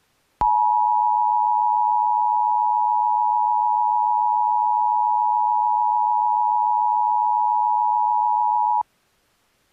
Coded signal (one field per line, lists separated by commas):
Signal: Emergency Alert System (SAME) tones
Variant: 853 and 960 Hz attention tone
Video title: NickToons Review! @ Nite EAS Test, July 29th , 2018. 9:25pm